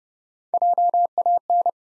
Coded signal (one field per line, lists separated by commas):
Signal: Morse code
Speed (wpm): 30 wpm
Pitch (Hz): 700 Hz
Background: none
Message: JAN